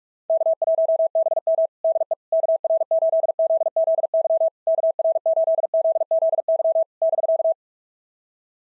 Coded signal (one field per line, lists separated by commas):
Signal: Morse code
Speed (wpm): 42 wpm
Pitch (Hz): 650 Hz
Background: none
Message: K1BM DE KR8ZZY KR8ZZY <BK>